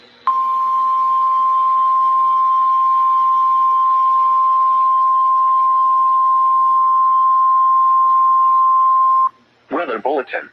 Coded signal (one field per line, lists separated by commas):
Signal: Emergency Alert System (SAME) tones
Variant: 1050 Hz attention tone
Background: speech